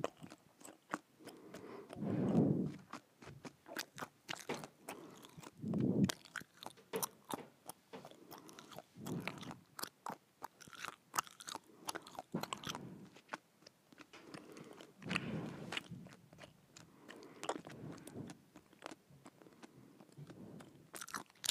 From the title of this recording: Chewing Gum Hard